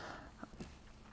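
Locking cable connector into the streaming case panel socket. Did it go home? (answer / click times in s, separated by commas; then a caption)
no / none. A locking cable connector is handled at a panel socket on a portable streaming case, with soft rustling handling noise and brief knocks around 0.4 and 0.6 seconds. The connector has not yet seated or clicked in by the end of the clip.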